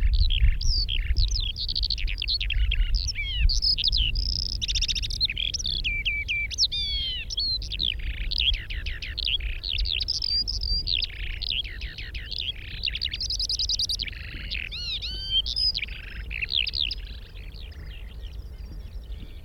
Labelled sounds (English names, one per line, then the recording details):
Eurasian Skylark song
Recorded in the wild
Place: Ummanz, Insel Rügen, Mecklenburg-Vorpommern, DE
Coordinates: 54.43, 13.18
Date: 1969-05-24
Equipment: Nagra III BH, Sennheiser MD 21, parabola
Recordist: Schubert, Michael
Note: Gesang Feldlerche (Abstieg) ( ca. 5 - 11 Uhr)